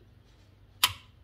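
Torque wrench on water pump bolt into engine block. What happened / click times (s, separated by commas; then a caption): Torque wrench clicked at its set torque / 0.8 s. A click-type torque wrench set to 30 foot pounds tightens a water pump bolt into the engine block of a 1971 Dodge Coronet police car. After low background hum, the wrench gives with one sharp click at 0.8 s, confirming the bolt has reached the 30 foot-pound torque Mopar's engineers specify for attaching the water pump.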